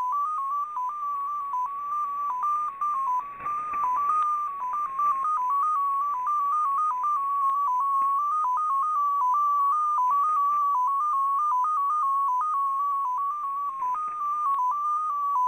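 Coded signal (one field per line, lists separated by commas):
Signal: numbers station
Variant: XPA2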